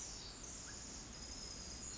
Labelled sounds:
Pacific Wren (Troglodytes pacificus)
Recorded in Sonoma County, California

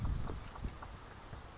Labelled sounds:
Blue-gray Gnatcatcher (Polioptila caerulea)
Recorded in Sonoma County, California

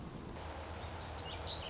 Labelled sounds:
Song Sparrow (Melospiza melodia)
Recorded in Sonoma County, California

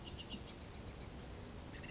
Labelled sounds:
Bewick's Wren (Thryomanes bewickii)
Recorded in Sonoma County, California

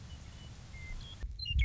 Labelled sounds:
Western Meadowlark (Sturnella neglecta)
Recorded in Sonoma County, California

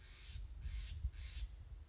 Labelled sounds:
Steller's Jay (Cyanocitta stelleri)
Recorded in Sonoma County, California

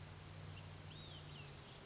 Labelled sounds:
Olive-sided Flycatcher (Contopus cooperi)
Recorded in Sonoma County, California

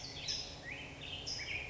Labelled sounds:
California Towhee (Melozone crissalis)
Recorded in Sonoma County, California

